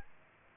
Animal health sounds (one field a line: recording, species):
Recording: mosquito wingbeat signal from an infrared sensor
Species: Aedes aegypti